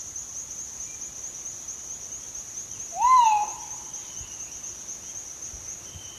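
Crinkle-collared manucode uttering a single short rising-and-falling whistled call against a continuous shrill insect background.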